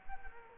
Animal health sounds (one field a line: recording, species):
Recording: mosquito wingbeat signal from an infrared sensor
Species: Culex quinquefasciatus